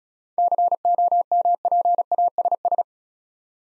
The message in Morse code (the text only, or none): COMPASS